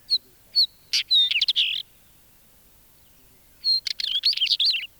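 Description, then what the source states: Northern Wheatear song: two short phrases, each opening with clear high whistled notes and running into a scratchy, crackling warble, separated by a pause of about two seconds. Field recording released on cassette in Finland in 1987.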